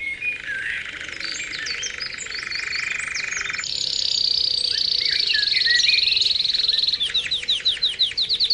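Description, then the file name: Canary song: quick chirps over a buzzy roll, then a high sustained trill, ending with a series of rapid down-slurred notes. Canary song used for training or conditioning ('terapi') of cage birds. "kenari terapi omkicau"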